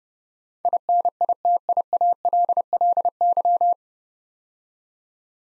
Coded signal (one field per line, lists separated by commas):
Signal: Morse code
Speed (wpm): 30 wpm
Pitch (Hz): 700 Hz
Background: none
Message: INITIALLY